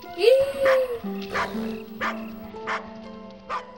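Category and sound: animal, dog barking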